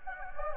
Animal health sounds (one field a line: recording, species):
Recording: mosquito wingbeat signal from an infrared sensor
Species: Anopheles gambiae